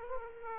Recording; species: mosquito wingbeat signal from an infrared sensor; Aedes aegypti